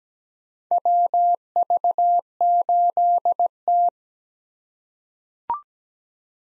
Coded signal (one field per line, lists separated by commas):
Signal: Morse code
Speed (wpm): 17 wpm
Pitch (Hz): 700 Hz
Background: none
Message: WV8T